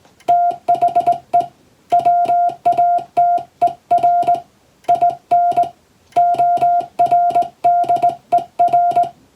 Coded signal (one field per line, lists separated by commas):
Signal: Morse code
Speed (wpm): 20 wpm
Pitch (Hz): 700 Hz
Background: music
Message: THE WATER IN ORDER